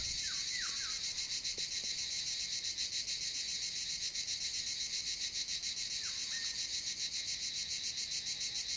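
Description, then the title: Eurasian golden oriole song: two brief fluty whistled phrases, one near the start and another around six seconds, partly drowned by a loud, steady buzzing chorus of cicadas. Wild bird in woodland near Piedralaves, Ávila, Spain, singing among many cicadas; recorded with a Zoom H1n recorder. "Piedralaves, Ávila, España - Chicharras y Oropéndola Europea"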